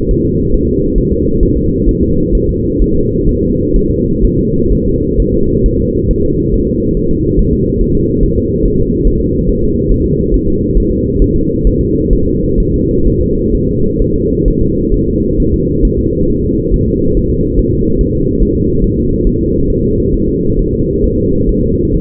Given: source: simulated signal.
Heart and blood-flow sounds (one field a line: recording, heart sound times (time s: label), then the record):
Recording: fetal heart sounds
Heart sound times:
0.11 s: S1
0.25 s: S2
0.54 s: S1
0.68 s: S2
0.98 s: S1
1.12 s: S2
1.43 s: S1
1.57 s: S2
1.89 s: S1
2.03 s: S2
2.35 s: S1
2.49 s: S2
2.82 s: S1
2.96 s: S2
3.29 s: S1
3.43 s: S2
3.76 s: S1
3.91 s: S2
4.24 s: S1
4.39 s: S2
4.72 s: S1
4.87 s: S2
5.20 s: S1
5.34 s: S2
5.66 s: S1
5.80 s: S2
6.11 s: S1
6.25 s: S2
6.54 s: S1
6.69 s: S2
6.97 s: S1
7.11 s: S2
7.39 s: S1
7.53 s: S2
7.81 s: S1
7.96 s: S2
8.23 s: S1
8.38 s: S2
8.65 s: S1
8.80 s: S2
9.07 s: S1
9.21 s: S2
9.49 s: S1
9.64 s: S2
9.92 s: S1
10.06 s: S2
10.34 s: S1
10.48 s: S2
10.78 s: S1
10.92 s: S2
11.22 s: S1
11.36 s: S2
11.67 s: S1
11.81 s: S2
12.13 s: S1
12.27 s: S2
12.60 s: S1
12.74 s: S2
13.07 s: S1
13.21 s: S2
13.55 s: S1
13.69 s: S2
14.02 s: S1
14.16 s: S2
14.48 s: S1
14.62 s: S2
14.94 s: S1
15.08 s: S2
15.40 s: S1
15.54 s: S2
15.85 s: S1
15.99 s: S2
16.30 s: S1
16.44 s: S2
16.74 s: S1
16.88 s: S2
17.17 s: S1
17.31 s: S2
17.59 s: S1
17.73 s: S2
18.01 s: S1
18.15 s: S2
18.43 s: S1
18.57 s: S2
18.84 s: S1
18.99 s: S2
19.27 s: S1
19.41 s: S2
19.70 s: S1
19.84 s: S2
20.14 s: S1
20.29 s: S2
20.59 s: S1
20.73 s: S2
21.04 s: S1
21.18 s: S2
21.49 s: S1
21.63 s: S2
21.95 s: S1
From the record:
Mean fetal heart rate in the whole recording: 135 bpm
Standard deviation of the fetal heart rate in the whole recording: 3 bpm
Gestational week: 36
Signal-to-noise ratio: -15.3 dB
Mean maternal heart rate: 72 bpm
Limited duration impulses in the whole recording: present